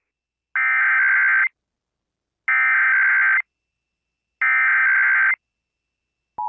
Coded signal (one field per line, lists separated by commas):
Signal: Emergency Alert System (SAME) tones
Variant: header bursts